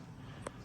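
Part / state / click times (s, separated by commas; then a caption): cover screw coming out of a dental implant / released / 0.5 s. A small metal cover screw is unscrewed from a dental implant with a driver after being felt to engage. A single sharp click is heard at 0.5 s over a low steady background, signaling the screw has come all the way out of the threads.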